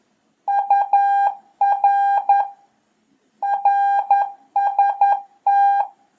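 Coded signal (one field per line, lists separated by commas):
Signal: Morse code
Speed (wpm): 11 wpm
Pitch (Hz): 800 Hz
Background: none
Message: UR RST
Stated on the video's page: Beginner CW lesson showing a typical QSO with Q code and abbreviations.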